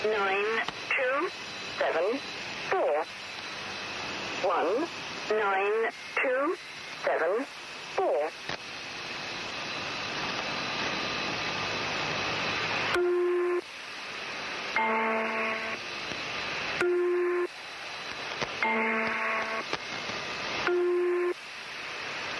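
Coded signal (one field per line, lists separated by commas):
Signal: numbers station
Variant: Lincolnshire Poacher, English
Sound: short evenly spaced spoken words, then an electronic organ-like tune phrase repeated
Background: radio static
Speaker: known as the Lincolnshire poacher this is what it sounds like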